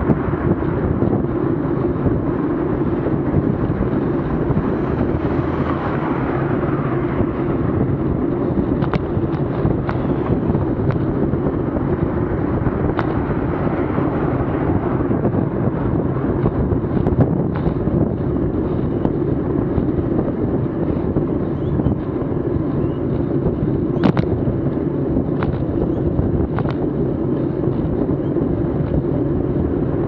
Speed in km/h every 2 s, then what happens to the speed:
29, 30, 30, 31, 31, 30, 29, 29, 29, 29, 29, 29, 28, 28, 28.
0-30 steady at about 29.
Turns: none.